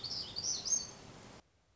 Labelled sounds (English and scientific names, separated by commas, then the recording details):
Black-throated Gray Warbler (Setophaga nigrescens)
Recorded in Sonoma County, California